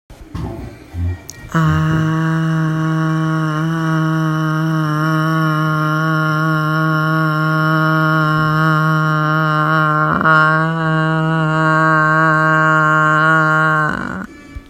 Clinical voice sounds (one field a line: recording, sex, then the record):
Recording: sustained vowel /a/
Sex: female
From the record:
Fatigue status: fatigue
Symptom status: symptomatic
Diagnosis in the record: COVID-19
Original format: m4a